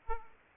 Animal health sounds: mosquito wingbeat signal from an infrared sensor; Culex pipiens

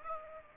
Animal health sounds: mosquito wingbeat signal from an infrared sensor; Aedes aegypti

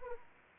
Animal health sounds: mosquito wingbeat signal from an infrared sensor; Anopheles arabiensis

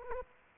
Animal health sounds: mosquito wingbeat signal from an infrared sensor; Aedes aegypti

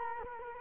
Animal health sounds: mosquito wingbeat signal from an infrared sensor; Culex quinquefasciatus

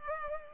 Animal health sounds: mosquito wingbeat signal from an infrared sensor; Culex pipiens

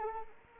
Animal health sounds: mosquito wingbeat signal from an infrared sensor; Anopheles arabiensis

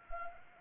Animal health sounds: mosquito wingbeat signal from an infrared sensor; Anopheles arabiensis

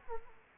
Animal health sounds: mosquito wingbeat signal from an infrared sensor; Aedes aegypti

